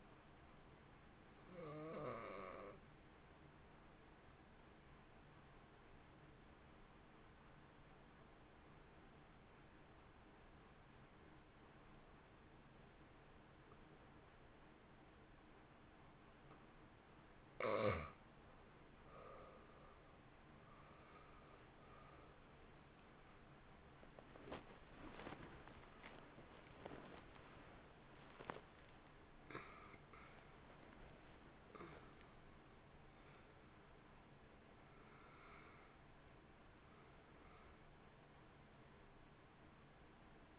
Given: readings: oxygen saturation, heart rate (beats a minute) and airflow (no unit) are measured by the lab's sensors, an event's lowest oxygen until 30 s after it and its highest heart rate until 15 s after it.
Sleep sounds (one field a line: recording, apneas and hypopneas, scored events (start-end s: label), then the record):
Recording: breathing in sleep by a voice recorder at the bedside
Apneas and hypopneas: 1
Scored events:
3.00-21.50 s: hypopnea (N1, oxygen 93% highest, then 81% lowest, heart rate 61 at the start, 75 highest)
From the record:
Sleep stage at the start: N1 (lightest sleep)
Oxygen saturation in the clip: 81 to 93%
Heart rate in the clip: 56 to 75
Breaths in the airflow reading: 11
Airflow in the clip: -2.7 to 2.8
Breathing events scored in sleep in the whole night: 328 in 6.3 hours asleep